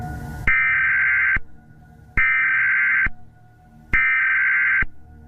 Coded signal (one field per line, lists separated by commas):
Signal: Emergency Alert System (SAME) tones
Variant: header bursts